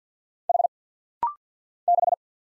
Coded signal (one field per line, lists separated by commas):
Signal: Morse code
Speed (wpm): 50 wpm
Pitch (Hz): 700 Hz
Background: none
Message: H 6